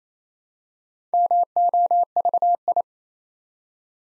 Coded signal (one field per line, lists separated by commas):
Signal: Morse code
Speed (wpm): 27 wpm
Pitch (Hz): 700 Hz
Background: none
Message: MOVI